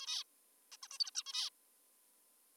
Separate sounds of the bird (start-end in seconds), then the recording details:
0.00-0.24, 0.72-0.77, 0.83-0.87, 0.91-0.98, 1.00-1.10, 1.15-1.23, 1.26-1.50. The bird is an adult. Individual g19o3U